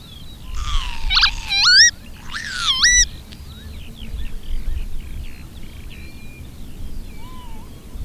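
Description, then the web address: Northern lapwing calls: two loud, wheezy, slurred notes that sweep down then rise sharply, followed by fainter calls and a low rumble. "agykontroll Madardalok Cd 3. Bíbic"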